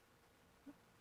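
A clock hand is being handled and pushed down onto the center shaft of a clock movement. Only a low, steady background hum is heard, with a brief faint tonal blip around 0.7 s. Nothing has seated or clicked yet.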